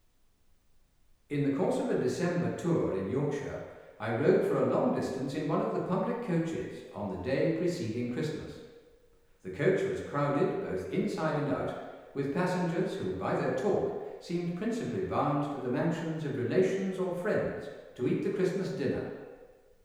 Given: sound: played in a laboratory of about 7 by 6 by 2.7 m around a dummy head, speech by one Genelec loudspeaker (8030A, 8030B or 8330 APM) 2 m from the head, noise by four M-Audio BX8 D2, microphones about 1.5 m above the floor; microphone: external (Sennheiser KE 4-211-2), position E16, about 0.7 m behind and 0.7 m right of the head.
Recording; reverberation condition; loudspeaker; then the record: male speech in English; high; 60 degrees to the right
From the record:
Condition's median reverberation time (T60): about 1300 ms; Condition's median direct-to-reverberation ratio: about -4.0 dB